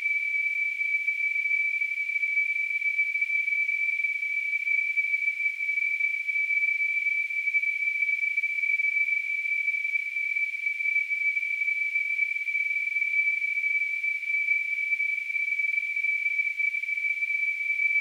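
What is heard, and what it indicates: Simulated tonal tinnitus: a steady, unbroken high-pitched pure tone near 2.3 kHz that holds constant in pitch and loudness throughout, with a faint hiss spreading above it.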